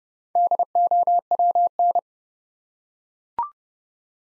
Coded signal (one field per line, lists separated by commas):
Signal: Morse code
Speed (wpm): 30 wpm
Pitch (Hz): 700 Hz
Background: none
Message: DOWN